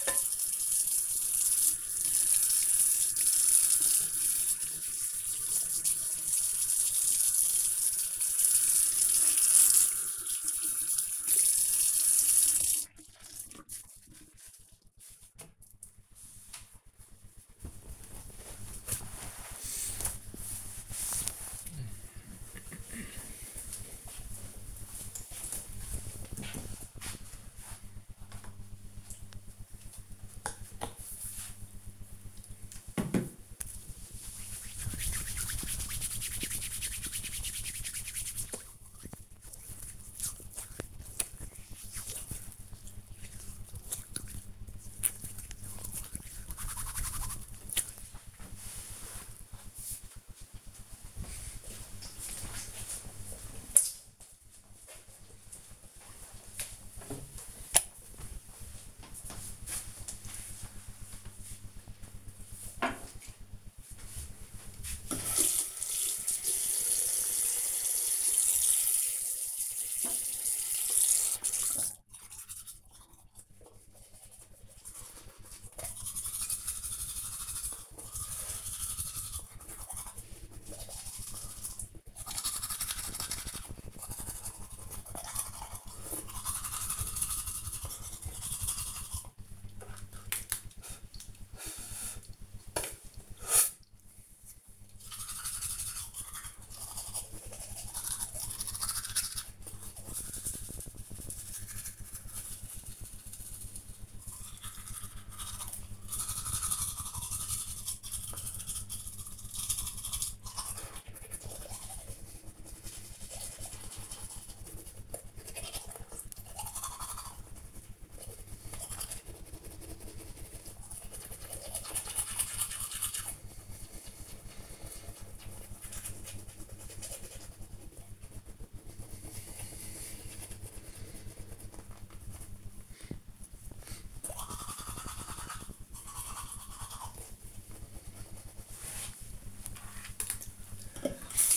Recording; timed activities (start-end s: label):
household activities, microphone on the right wrist
0.00-12.72 s: washing dishes
27.80-46.92 s: disinfecting hands
60.99-141.57 s: brushing teeth